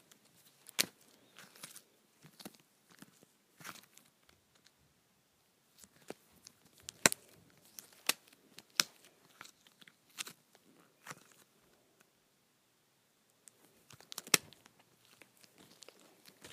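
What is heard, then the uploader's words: Putty being pulled apart, heard as a scattered run of sharp little snaps and sticky crackles over a quiet background. The pops come irregularly, a few per second, with louder cracks near 1, 7 and 14 seconds and a brief lull around 12–13 seconds. ASMR Pulling Apart Putty.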